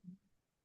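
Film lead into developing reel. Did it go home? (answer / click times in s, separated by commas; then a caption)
no / none. A film lead is being fed into a film developing reel by twisting the reel, and the attempt fails. Only a brief low-pitched thump is heard near the start, followed by quiet. Nothing has seated or clicked yet.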